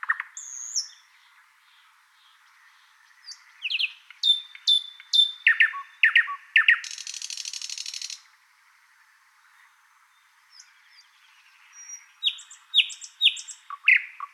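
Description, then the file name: Thrush nightingale song with falling whistles, loud clicking notes and a buzzing rattle, a quiet gap, then fresh repeated whistled phrases. "British Library - Thrush Nightingale Luscinia luscinia"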